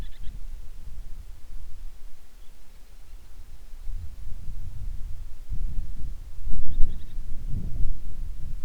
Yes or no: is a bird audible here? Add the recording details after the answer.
yes. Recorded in the Prudhoe Bay oil fields, Alaska, on 10 July 2019 at 10:08. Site 11